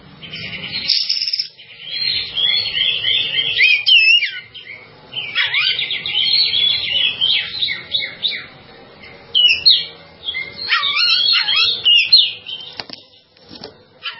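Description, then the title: Java sparrow song: a busy run of high chirps, clicks and short slurred whistles, broken by brief pauses, with faint low background hum. "kicau gelatik"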